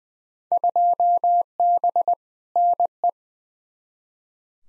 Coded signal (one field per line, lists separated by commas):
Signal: Morse code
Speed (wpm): 20 wpm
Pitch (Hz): 700 Hz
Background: none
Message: 2B NE